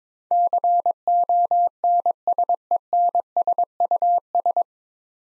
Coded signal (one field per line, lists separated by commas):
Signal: Morse code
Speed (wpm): 22 wpm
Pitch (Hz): 700 Hz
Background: none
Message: CONSENSUS